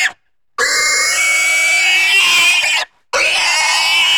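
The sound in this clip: Pig squealing intensely; after a brief squeal cut off at the start, two long, harsh, piercing screams, the first lasting over two seconds, with a brief silence between them.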